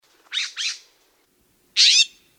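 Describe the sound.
Blue Jay harsh calls: two quick raspy squawks close together, then a single louder, longer squawk after a short pause; nothing else audible.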